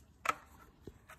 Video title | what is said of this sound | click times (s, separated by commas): Cleaning essentials: My favorite vacuum and the top 3 vacuuming tools to go with it | that snaps right into there | 0.3 s